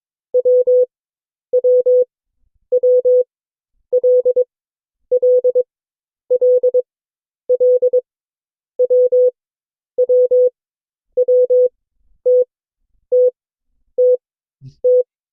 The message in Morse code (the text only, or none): W W W L L L L W W W T T T T